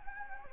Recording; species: mosquito wingbeat signal from an infrared sensor; Anopheles gambiae